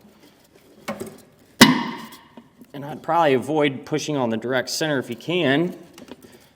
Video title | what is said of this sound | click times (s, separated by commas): etrailer - Phoenix USA Baby Moon Stainless Steel Hubcap Feature Review | but it snapped right into place secure | 1.6 s